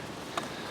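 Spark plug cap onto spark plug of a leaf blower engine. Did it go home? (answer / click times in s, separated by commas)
yes / 0.4 s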